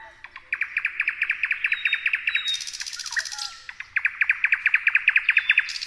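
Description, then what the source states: Thrush nightingale singing a fast, steady train of sharp knocking notes, broken midway by a brief high buzzy rattle before the pulsing series resumes. Several thrush nightingales singing.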